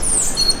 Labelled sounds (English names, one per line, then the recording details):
Stitchbird song
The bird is a male
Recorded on Tiritiri Matangi Island, New Zealand, in 2005
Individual 3, of nest box 3